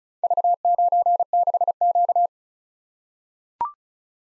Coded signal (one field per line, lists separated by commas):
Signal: Morse code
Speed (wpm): 36 wpm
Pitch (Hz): 700 Hz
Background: none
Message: V96Q